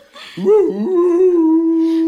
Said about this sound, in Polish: Kto tam puka? Kto tam tak szczeka za drzwiami? Boję się.